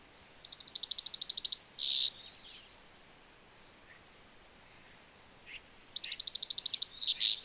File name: Carduelis carduelis